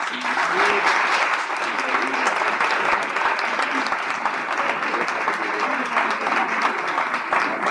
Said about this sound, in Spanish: Así que pido para todos ellos un fuerte aplauso.